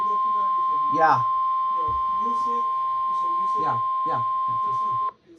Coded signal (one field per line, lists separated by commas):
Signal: Emergency Alert System (SAME) tones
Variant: 1050 Hz attention tone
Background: speech